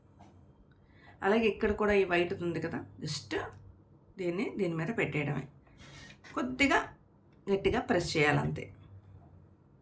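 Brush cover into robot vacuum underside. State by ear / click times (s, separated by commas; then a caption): not seated / none. Someone talks while a brush guard or cover is lined up and pressed firmly back onto the underside of a Eureka Forbes robotic vacuum cleaner. Only a few faint, brief sounds rise under the speech. Nothing has seated or clicked yet, and the clip ends just before the cover goes home.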